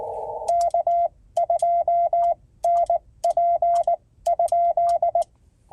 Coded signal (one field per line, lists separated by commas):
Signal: Morse code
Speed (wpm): 19 wpm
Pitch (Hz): 690 Hz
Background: none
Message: K2NP?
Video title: CW POTA Activation from Upton Morgan State Forest